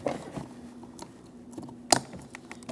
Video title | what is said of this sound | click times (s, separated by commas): How to Replace Front Interior Door Handles 2005-2010 Chrysler 300 | Audible click from that. | 1.9 s